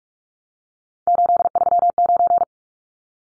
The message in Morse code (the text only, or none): 839